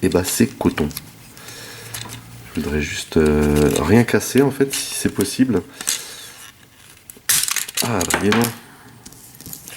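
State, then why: Released. Someone talks while prying the plastic axe accessory, clipped along the length of a Studio Series SS-44 Dark of the Moon Optimus Prime figure, off with difficulty. It pops off with a sharp snap at 7.3 s, followed by a few light plastic clicks, and nothing breaks.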